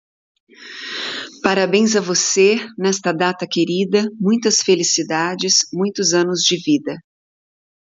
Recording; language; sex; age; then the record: short text; Brazilian Portuguese; female; 30 to 39 years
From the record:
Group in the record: control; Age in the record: 38 years